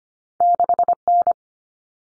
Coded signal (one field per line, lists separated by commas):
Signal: Morse code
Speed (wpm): 25 wpm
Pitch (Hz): 700 Hz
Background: none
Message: 6N